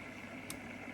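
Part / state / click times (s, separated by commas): magnetic attachment piece into gimbal mount/holder / seated / 0.5 s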